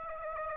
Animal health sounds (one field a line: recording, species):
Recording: mosquito wingbeat signal from an infrared sensor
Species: Aedes aegypti